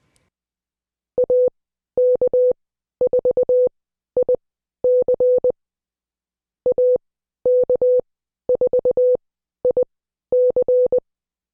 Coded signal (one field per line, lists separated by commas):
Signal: Morse code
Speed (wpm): 20 wpm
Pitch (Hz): 500 Hz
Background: none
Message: AK4IC AK4IC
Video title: Morse Code Class 09